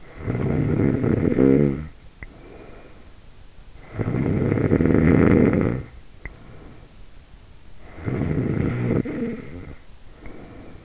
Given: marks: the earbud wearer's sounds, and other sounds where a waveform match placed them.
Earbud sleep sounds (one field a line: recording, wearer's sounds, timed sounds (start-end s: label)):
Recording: sounds in sleep by an in-ear microphone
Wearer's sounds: snoring breath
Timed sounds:
0.00-3.20 s: snoring breath
3.71-7.32 s: snoring breath
7.77-10.85 s: snoring breath